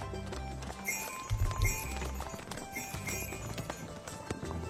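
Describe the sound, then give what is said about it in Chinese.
Steady clip-clop of a small donkey's hooves plodding up a narrow mountain path in the early morning, led by a young scholar, with bright copper bells jingling in short repeated rings over the hoofbeats. No voices. “这一日大清早，狭窄的山路上叮叮当当的铜铃声从山下传来，清脆悦耳。”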